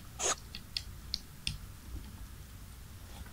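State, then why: Not seated. A known-good test cable's connector is handled against an opened Microsoft Surface Pro charger that is not working, to be clipped onto it. A brief rustling scrape is followed by a series of short, sharp ticks around 0.6, 0.8, 1.1 and 1.5 seconds over a low background hum. The cable is still being handled, and nothing has clicked into place yet.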